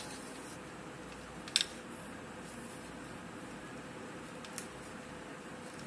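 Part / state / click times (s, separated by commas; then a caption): tube light holder into its mounting bracket / seated / 1.6 s. A tube light holder from an Oreva power saver tubelight is pushed into its plastic mounting bracket and seats with a sharp click at 1.6 s. A fainter tick follows at about 4.6 s over a steady low background hum, and the holder ends up seated in the bracket.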